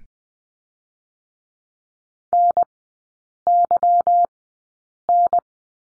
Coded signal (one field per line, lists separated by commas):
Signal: Morse code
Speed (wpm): 20 wpm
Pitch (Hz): 700 Hz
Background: none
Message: NYN